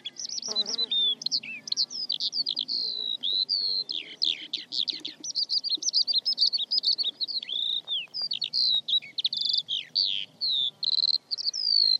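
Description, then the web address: Bird singing a prolonged, jumbled medley of high whistles, buzzes and rapid chips, with a brief lower sound near the start. "Deverinetal"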